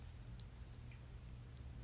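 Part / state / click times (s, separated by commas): car key fob going into a plastic protective case / seated / 0.4 s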